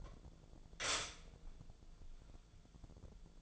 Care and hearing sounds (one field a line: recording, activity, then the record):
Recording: daily activity, microphone in the room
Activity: stop toaster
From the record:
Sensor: 5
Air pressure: 1000.3 hPa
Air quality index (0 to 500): 133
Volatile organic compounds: 2 ppm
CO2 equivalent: 1048 ppm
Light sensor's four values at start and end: 68/160/67/71 and 68/160/67/71